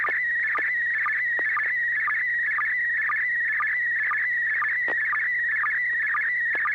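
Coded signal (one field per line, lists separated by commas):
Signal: SSTV (slow-scan television)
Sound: warbling tone around 2 kHz with short low chirps about twice a second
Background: low steady hum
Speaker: at least one building maybe two side by side with two different uh uh geez i can't name the architecture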